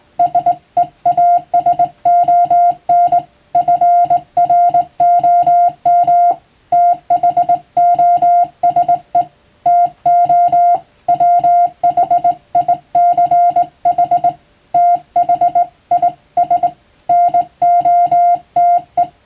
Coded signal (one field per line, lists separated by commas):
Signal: Morse code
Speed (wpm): 21 wpm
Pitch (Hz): 700 Hz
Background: music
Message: SEASON FROM THOSE TO WHICH THIS NOTE